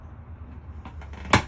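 After a bur change, the chamber door of a dental milling unit housing is closed over a low background hum. A few soft knocks around 0.9–1.1 s lead up to a sharp snap at 1.3 s as the door latches shut.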